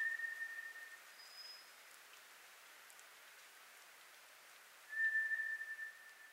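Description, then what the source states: White's thrush whistles a long flat note, then another about five seconds later; a faint higher whistle and light dripping ticks sound in between. Recorded 24 April 2010.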